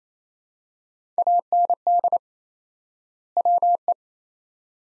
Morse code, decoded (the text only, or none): AND WE